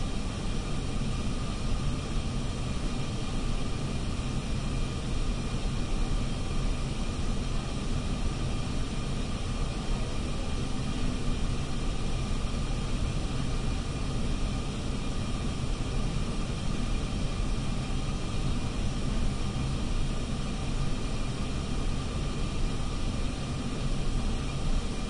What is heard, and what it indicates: Room tone sound effects patient room ventilator hiss.